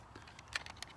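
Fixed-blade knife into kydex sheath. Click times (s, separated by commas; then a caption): 0.6 s. A Tops Mohawk Hunter fixed-blade knife is pushed back into its kydex sheath, with a few faint scrapes and ticks as the blade slides in. A sharp, positive click at 0.6 s marks the knife locking into the sheath, followed by a lighter tick around 0.8 s, and the knife is seated.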